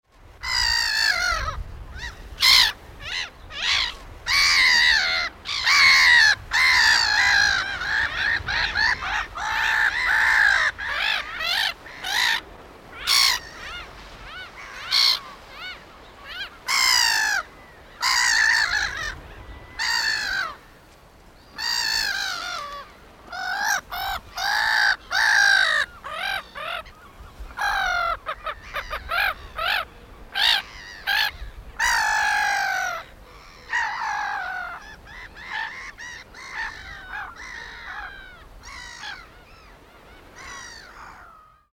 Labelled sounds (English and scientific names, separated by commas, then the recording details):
Black-headed Gull (Chroicocephalus ridibundus)
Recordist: Tembrock, Günter
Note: Diverse Laute